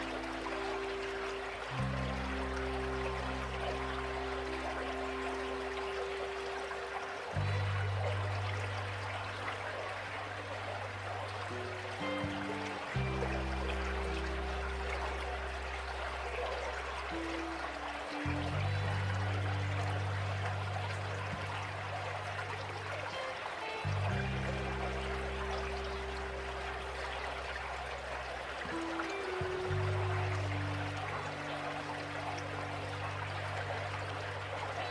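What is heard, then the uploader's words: A stream pours and trickles steadily, a dense, bright rush of water with no pauses. Underneath, low sustained hum-like tones hold for several seconds, then shift to new pitches about every five or six seconds throughout. The sounds of the stream.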